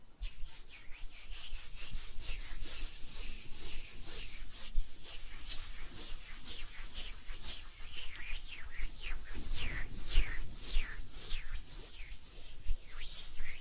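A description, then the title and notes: Hands rub and brush against each other in a continuous, dense stream of soft friction for the whole stretch. The strokes come quickly and unevenly, each a bright, papery swish, with occasional small knocks and dull thumps low underneath, and no talking. ASMR Relaxing Hand Sounds (No Talking).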